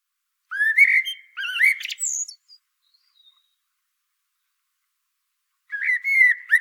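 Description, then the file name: Common blackbird singing a mellow, warbled phrase with a high squeaky ending. A long quiet pause follows, then another phrase begins and is cut off. "Turdus merula"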